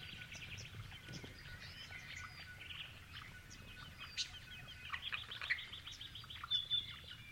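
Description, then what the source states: Grey-fronted honeyeaters chirping, a busy mix of short high chirps and trills that grows louder and livelier toward the end, over a low steady background rumble. Several birds chirping together.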